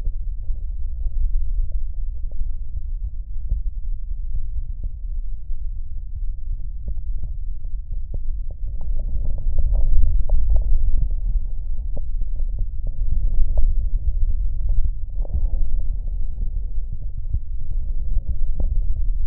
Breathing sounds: lung sounds by stethoscope; right posterior basal chest; quiet breathing, then deep breathing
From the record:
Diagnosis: COPD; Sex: male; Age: 77 years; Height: 164 cm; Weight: 58.2 kg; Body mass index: 21.6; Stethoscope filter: extended mode

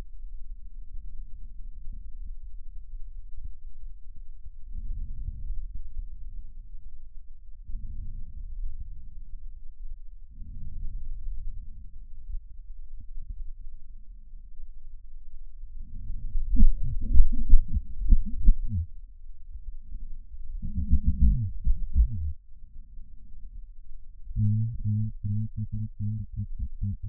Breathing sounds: lung sounds by stethoscope; right posterior basal chest; quiet breathing, then cough and speech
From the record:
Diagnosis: none (healthy); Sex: male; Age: 45 years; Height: 173 cm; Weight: 92 kg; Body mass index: 30.7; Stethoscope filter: bell mode

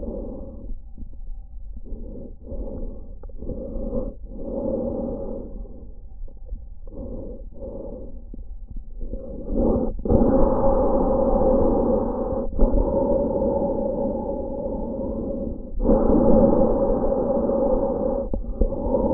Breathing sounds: lung sounds by stethoscope; trachea; quiet breathing, then deep breathing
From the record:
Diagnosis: asthma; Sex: female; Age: 77 years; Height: 160 cm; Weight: 68.7 kg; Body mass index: 26.6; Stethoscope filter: diaphragm mode

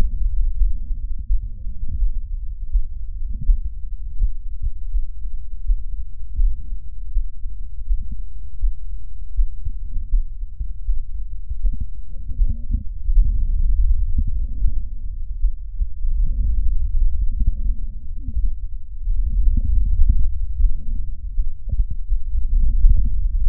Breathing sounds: lung sounds by stethoscope; right anterior apical chest; quiet breathing, then deep breathing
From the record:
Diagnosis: COPD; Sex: female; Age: 80 years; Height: 160 cm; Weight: 62 kg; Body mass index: 24.2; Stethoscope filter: bell mode

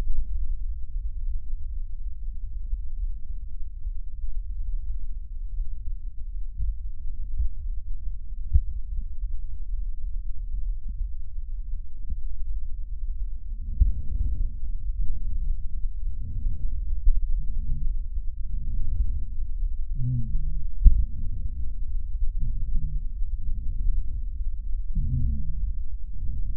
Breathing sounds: lung sounds by stethoscope; left posterior basal chest; quiet breathing, then deep breathing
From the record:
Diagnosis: interstitial lung disease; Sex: female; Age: 72 years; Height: 153 cm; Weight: 71 kg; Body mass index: 30.3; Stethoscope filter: bell mode

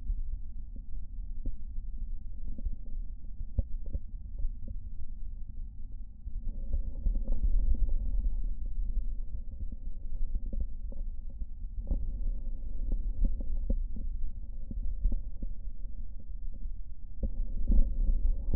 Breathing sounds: lung sounds by stethoscope; right posterior basal chest; quiet breathing, then deep breathing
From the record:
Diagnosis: interstitial lung disease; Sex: male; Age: 61 years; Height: 172 cm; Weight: 71 kg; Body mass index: 24.0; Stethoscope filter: diaphragm mode

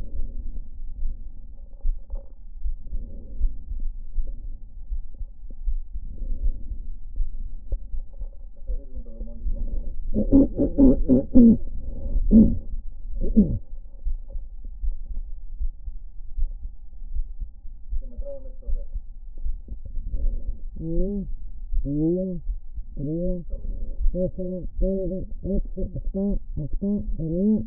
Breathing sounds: lung sounds by stethoscope; right posterior apical chest; quiet breathing, then cough and speech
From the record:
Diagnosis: pulmonary infection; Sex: female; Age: 74 years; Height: 160 cm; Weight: 66 kg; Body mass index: 25.8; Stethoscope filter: diaphragm mode

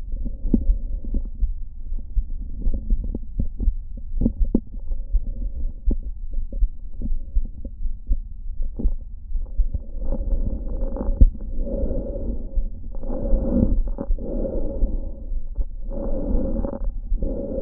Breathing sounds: lung sounds by stethoscope; trachea; quiet breathing, then deep breathing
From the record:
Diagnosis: interstitial lung disease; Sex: male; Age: 47 years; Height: 159 cm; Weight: 66.8 kg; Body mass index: 26.4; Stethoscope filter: diaphragm mode

